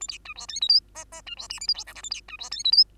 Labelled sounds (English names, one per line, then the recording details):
Bengalese Finch song
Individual Bird2